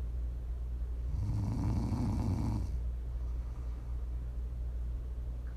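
One low, rattling snore from a sleeping adult, lasting about 1.5 seconds, followed by quieter breathing.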